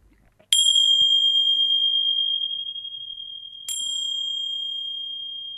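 Two strikes of a pair of small hand bells struck together as a demonstration, a bright high-pitched chime that sustains and slowly fades, with the second strike about three seconds after the first. No talking.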